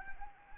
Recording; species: mosquito wingbeat signal from an infrared sensor; Anopheles arabiensis